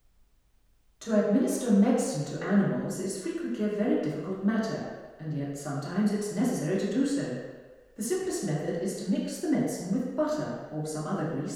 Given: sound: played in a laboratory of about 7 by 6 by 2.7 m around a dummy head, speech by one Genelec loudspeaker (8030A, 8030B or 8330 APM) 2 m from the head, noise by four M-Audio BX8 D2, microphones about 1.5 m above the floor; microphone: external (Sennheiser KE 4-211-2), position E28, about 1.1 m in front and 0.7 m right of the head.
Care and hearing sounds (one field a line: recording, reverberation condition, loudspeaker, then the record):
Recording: female speech in English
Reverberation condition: high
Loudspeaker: 90 degrees to the right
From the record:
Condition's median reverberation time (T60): about 1300 ms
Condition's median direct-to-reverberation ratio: about -4.0 dB